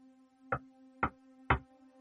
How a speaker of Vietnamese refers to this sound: Minh gõ nhẹ nhẹ lên cánh cửa gỗ cũ mềm.